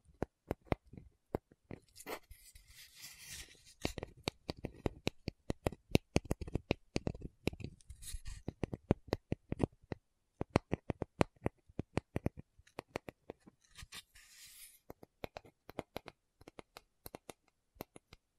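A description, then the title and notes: A tapping session of sharp, dry taps arriving in quick irregular bursts, sometimes dense and rapid, sometimes sparse. Soft scratchy rustling swells in behind the taps around 1–4 seconds, again near 8 seconds, and briefly near 14 seconds. ASMR 1 Hour Tapping Session (No Talking).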